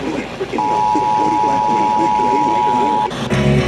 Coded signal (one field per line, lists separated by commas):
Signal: Emergency Alert System (SAME) tones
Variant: 853 and 960 Hz attention tone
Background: speech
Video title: svs on 6 stations (8/1/22) EAS 1324-1329